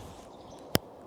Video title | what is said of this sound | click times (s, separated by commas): Altering a FIT tariff with ANKER SOLIX | There you go, you heard the click. | 0.8 s